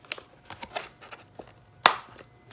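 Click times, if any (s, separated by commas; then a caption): 1.9 s. An end flap of a fold-up storage tray is pushed into the tray side to lock the box shape. Small sharp ticks and rustles come at about 0.1, 0.5, 0.6, 0.8 and 1.4 seconds. A loud, sharp pop at 1.9 seconds marks the flap seating and securing the tray.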